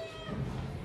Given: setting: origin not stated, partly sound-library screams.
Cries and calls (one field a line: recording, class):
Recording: one-second piece from a danger detection set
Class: woman in danger